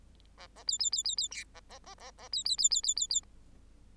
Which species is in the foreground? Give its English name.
Bengalese Finch